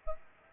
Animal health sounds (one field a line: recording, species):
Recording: mosquito wingbeat signal from an infrared sensor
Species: Aedes aegypti